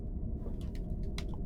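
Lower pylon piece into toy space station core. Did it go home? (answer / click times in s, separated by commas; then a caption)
yes / 1.2 s. The third lower plastic pylon of a 1994 Playmates Star Trek: Deep Space Nine Station toy playset is pushed into its socket on the station core. Over a low steady rumble, a few soft rubbing sounds lead to one sharp plastic snap at 1.2 s, followed by a fainter tick just after. The pylon snaps in and is seated.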